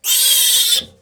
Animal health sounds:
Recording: pig call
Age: piglet (1 to 25 days)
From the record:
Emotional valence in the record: negative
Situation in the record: restrain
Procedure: back test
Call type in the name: high-frequency call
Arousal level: maximum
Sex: male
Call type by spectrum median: high-frequency call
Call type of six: high-frequency stable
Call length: 1.02 s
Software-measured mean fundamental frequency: 256 Hz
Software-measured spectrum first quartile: 3873 Hz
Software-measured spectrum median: 6740 Hz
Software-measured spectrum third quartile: 10061 Hz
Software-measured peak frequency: 3248 Hz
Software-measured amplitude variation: 124 dB a second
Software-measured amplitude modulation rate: 23.0 a second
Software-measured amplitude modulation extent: 5.4 dB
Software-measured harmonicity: 2.1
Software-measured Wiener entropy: -2.16

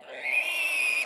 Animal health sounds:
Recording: pig call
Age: piglet (1 to 25 days)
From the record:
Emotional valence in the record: negative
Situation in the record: restrain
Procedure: in the arms of a person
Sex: male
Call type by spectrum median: high-frequency call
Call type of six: mixed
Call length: 1.07 s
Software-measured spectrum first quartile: 2370 Hz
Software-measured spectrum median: 2601 Hz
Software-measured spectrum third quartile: 3352 Hz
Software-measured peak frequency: 2465 Hz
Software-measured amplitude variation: 127 dB a second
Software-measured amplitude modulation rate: 24.4 a second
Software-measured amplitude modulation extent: 5.2 dB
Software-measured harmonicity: 9.8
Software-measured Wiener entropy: -2.61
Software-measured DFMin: 1252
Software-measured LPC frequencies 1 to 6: 744, 2532, 4989, 5593, 7042, 7717 Hz

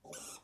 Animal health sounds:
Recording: pig call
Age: piglet (1 to 25 days)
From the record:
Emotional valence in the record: negative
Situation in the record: restrain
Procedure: back test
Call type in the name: high-frequency call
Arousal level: low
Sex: female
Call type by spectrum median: high-frequency call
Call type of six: high-frequency stable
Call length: 0.44 s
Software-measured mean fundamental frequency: 200 Hz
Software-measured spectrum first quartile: 1056 Hz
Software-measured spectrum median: 4897 Hz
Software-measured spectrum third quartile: 7745 Hz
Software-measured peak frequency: 529 Hz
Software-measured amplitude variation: 137 dB a second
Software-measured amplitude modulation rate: 16.9 a second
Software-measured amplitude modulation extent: 8.1 dB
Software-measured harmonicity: 0.7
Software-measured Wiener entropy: -2.05

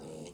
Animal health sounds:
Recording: pig call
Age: piglet (1 to 25 days)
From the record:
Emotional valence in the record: negative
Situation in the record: castration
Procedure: castration, fixation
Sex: male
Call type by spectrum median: low-frequency call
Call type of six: low-frequency stable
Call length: 0.34 s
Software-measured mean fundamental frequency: 76 Hz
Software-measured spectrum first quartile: 352 Hz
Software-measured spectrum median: 660 Hz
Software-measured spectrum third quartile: 4087 Hz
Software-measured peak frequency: 234 Hz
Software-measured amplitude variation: 108 dB a second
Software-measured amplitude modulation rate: 29.3 a second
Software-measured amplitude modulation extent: 3.7 dB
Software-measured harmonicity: 4.4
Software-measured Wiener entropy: -3.35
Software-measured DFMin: 1156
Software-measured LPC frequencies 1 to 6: 462, 2951, 3917, 4775, 6491, 7574 Hz

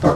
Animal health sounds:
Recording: pig call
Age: growing-finishing pig (85 days or more)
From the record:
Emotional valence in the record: positive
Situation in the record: run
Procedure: transit

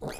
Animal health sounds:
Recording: pig call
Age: piglet (1 to 25 days)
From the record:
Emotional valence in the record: negative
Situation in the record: long isolation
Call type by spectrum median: low-frequency call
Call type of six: mixed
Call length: 0.20 s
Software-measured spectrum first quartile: 352 Hz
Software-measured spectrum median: 770 Hz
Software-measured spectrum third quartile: 3233 Hz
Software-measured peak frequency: 449 Hz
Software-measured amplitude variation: 88 dB a second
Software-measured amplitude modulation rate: 17.3 a second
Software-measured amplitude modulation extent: 5.1 dB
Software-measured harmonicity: 1.9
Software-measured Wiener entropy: -3.00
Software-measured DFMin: 981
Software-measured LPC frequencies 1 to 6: 578, 1520, 2445, 3526, 4244, 4964 Hz

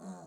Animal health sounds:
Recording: pig call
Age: piglet (1 to 25 days)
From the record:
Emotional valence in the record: negative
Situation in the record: short isolation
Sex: male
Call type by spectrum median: low-frequency call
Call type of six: low-frequency stable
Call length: 0.27 s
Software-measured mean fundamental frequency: 88 Hz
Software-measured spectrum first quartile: 197 Hz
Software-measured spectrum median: 415 Hz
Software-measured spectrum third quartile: 1136 Hz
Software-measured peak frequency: 188 Hz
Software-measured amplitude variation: 78 dB a second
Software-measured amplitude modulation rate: 5.6 a second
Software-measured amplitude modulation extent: 13.8 dB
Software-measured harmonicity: 5.6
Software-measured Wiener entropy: -0.49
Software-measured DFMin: 1316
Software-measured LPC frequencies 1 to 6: 707, 4211, 6693, 7466, 8286, 9991 Hz

